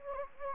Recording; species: mosquito wingbeat signal from an infrared sensor; Anopheles gambiae